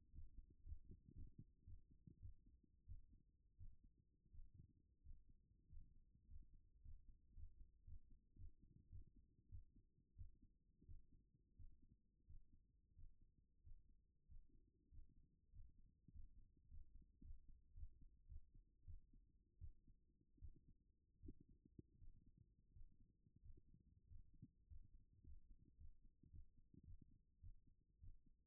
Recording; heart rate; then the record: heart sounds by stethoscope; 100 bpm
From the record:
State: at rest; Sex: female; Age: 25 years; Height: 169 cm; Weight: 64 kg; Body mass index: 22.41